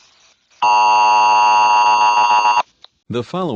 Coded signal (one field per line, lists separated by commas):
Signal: Emergency Alert System (SAME) tones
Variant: 853 and 960 Hz attention tone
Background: speech